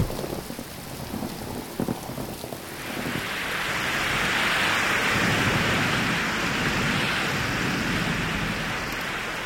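Steady, heavy rain pours down by a river in a dense hiss that swells and grows louder after the first few seconds, with a low rumble underneath like thunder. No one speaks.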